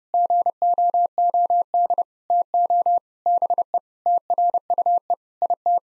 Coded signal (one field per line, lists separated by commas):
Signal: Morse code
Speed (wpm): 30 wpm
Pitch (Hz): 700 Hz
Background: none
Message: GOOD TO BE TRUE IT